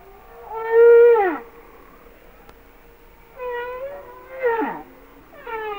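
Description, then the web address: Humpback whale song: a strong level tone falls away, then softer harmonic cries and a steep downsweep follow after a pause. "Natures Songs Whale Songs Sounds of Nature - Humpback Whales"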